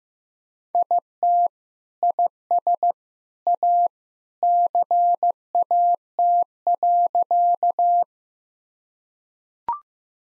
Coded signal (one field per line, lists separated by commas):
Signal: Morse code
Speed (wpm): 15 wpm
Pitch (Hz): 700 Hz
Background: none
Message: IT IS A CAT.